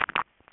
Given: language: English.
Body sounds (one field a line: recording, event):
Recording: throat vibration sensor signal played as sound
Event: swallow